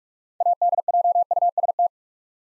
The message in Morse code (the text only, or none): ADJUST